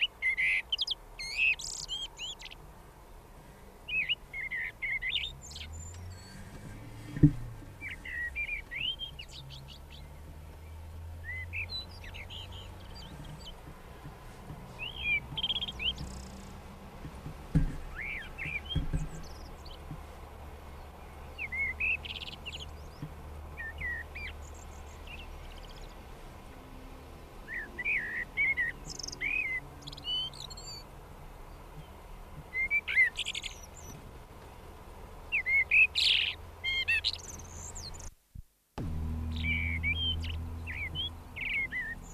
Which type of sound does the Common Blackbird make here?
song